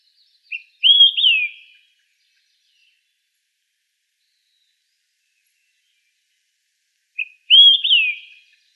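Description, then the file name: Olive-sided flycatcher song: a short note, then a rising whistle slurring into a falling one, given twice about seven seconds apart in a quiet setting. Recorded on 19 June 2004. "OSFL 1 deviche"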